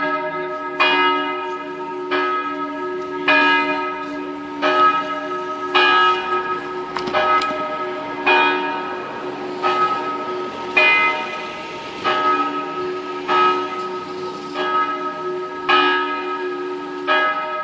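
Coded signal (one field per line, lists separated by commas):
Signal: bell signal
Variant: distesa, Friulian swing style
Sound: a single swinging church bell struck steadily about every second, ringing with long overtones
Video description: distesa della mezzana per l'Angelus feriale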